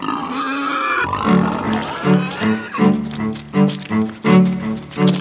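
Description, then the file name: Pig grunting in a steady series of short, throaty, tonal grunts a little faster than once a second, after an opening drawn-out higher squeal. "Schwein"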